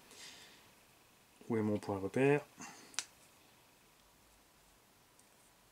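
On an RC car shock absorber, the lower plastic spring cup is being handled onto the rod end, which is hard to clip. Someone talks, then a brief sharp tick is heard near 3.0 s, but the cup has not yet clipped or seated by the end of the clip.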